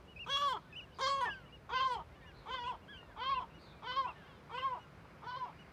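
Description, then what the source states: Gull alarm calls, loud harsh yelping notes repeated about every three-quarters of a second in a steady series, with fainter higher calls behind and low background rumble. Gulls in a huge cliff cirque colony above Viðarlundin forest, Kunoy, Faroe Islands, on alert as the recordist keeps his distance; quadraphonic recording, MixPre6II with DPA 4021 and 4022 microphones.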